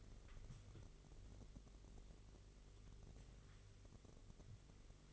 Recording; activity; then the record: daily activity, microphone in the room; wipe stove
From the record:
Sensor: 4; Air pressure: 1002.4 hPa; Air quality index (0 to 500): 216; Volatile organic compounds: 12 ppm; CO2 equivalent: 2334 ppm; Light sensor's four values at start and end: 19/67/25/24 and 19/67/24/24